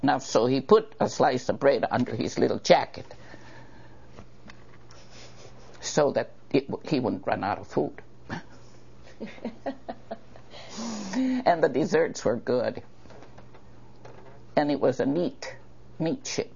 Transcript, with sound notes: So he put a slice of bread under his little jacket so that h—he wouldn't run out of food. (laughs) And the desserts were good. And it was a neat, neat ship.